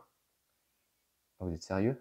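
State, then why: Not seated. Someone tries to clip a small Frodo figure into its slot on a resin statue base. After a faint brief sound at the start and a near-silent stretch, someone talks from about 1.4 s. Nothing has clicked or seated yet, and the figure will not go in at all.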